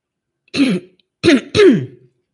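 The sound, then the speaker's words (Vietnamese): A person with a sore throat who has been coughing constantly since the afternoon clears their throat in three harsh bursts, the first longer, then two quick ones close together, each rough and raspy with a falling voiced rasp, loud against silence and no speech. “Mình cũng không biết là hôm nay mình có thể đọc được hai tập liền một lúc không, tại vì từ chiều đến giờ rất là đau họng và bị ho liên tục rồi, nhưng mà không muốn gián đoạn đọc truyện.”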